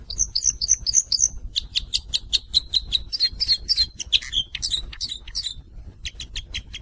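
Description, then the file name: Crossbill giving a rapid run of high chips and short whistled notes, continuing almost without pause before a brief gap. "bec croises"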